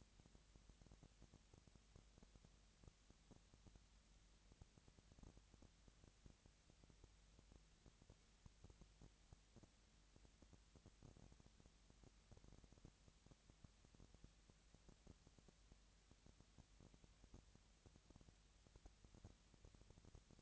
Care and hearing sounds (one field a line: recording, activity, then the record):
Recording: daily activity, microphone in the room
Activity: no activity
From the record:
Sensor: 3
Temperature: 20.6 degrees Celsius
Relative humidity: 35.7%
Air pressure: 998.8 hPa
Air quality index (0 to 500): 236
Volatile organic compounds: 72 ppm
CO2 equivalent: 3534 ppm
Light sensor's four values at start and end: 2/3/2/2 and 2/3/2/2